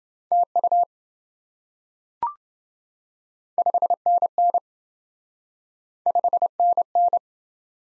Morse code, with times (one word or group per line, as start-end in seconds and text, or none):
0.3-0.8 TU
3.6-4.6 5NN
6.1-7.2 5NN